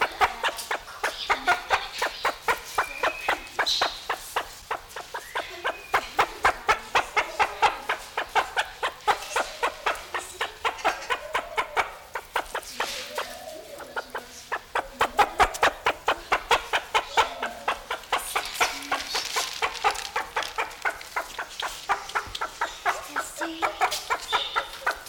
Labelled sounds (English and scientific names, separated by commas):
Great Argus (Argusianus argus) call